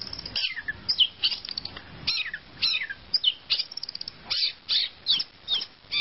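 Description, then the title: Bird song: varied high chirps and twittering notes, with quick stuttered runs and short sweeping whistles. "kikicau"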